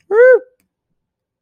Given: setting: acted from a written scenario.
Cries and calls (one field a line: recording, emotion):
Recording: vocal sound without words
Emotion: triumph